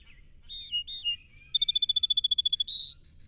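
Song sparrow song: two sharp introductory notes and a short high whistle, then a rapid even trill of many notes, a brief buzz and a few closing chips.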